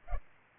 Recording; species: mosquito wingbeat signal from an infrared sensor; Culex pipiens